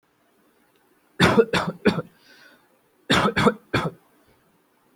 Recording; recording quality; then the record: heavy voluntary cough; excellent, no background noise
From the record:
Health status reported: healthy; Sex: male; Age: 25 years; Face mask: not worn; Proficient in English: yes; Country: India